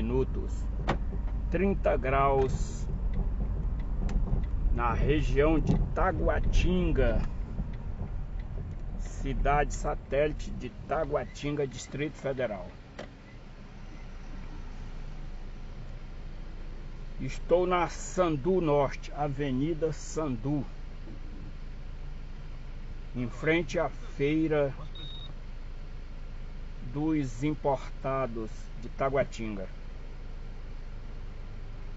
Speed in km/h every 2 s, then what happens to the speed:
19, 20, 18, 18, 14, 7, 2, 0, 0, 0, 0, 0, 2, 1, 1, 0.
0-6 steady at about 18. 6-12 slows to 2. 12-32 standing.